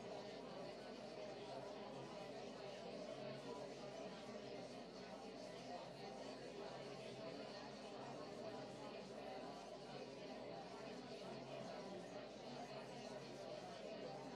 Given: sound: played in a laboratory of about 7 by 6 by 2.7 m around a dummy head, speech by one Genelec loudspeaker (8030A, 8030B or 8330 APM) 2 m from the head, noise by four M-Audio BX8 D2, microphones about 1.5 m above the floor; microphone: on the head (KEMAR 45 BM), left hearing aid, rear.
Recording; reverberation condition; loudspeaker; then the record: babble noise; low; four, about 170 cm from the corners of the room and facing them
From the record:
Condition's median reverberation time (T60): about 310 ms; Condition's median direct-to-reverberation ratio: about 3.5 dB